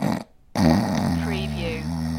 Snoring, Male Snore.